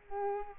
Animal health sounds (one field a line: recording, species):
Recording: mosquito wingbeat signal from an infrared sensor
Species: Culex quinquefasciatus